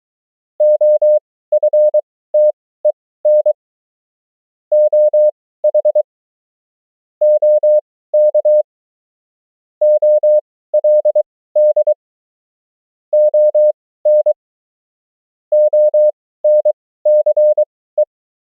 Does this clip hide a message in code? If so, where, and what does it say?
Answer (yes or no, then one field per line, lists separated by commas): yes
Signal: Morse code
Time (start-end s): 0.6-18.0 s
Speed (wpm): 23 wpm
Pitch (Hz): 600 Hz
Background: none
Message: OFTEN OH OK OLD ON ONCE